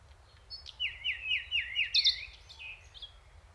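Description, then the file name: Common nightingale song, a rapid run of repeated slurred notes rising and falling, ending in a sharp high burst, quiet background otherwise. "Luscinia megarhynchos"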